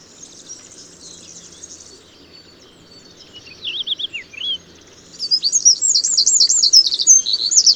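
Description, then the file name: Eurasian wren singing; quiet at first, a brief descending trilled phrase, then a bright, rapid rattling trill carrying on to the end. "Troglodytes troglodytes"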